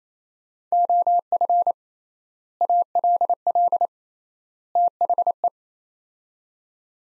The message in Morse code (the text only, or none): OF ALL THE